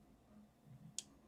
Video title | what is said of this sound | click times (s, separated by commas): Building a Rat Rig V-Core 3 Part 9 - Wire Manage EVERYTHING! | and you hear the latch come off so you see this latch | 1.0 s